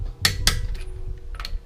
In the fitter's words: it's at a hundred a clicks